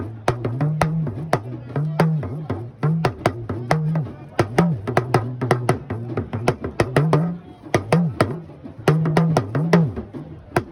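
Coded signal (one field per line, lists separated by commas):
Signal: talking drum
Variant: Yoruba dùndún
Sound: rapid drum strokes whose low pitch bends up and down like speech tones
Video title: Yoruba Talking drum #yorubaculture #talkingdrum #talkingdrummer #africa #yoruba #madeforyou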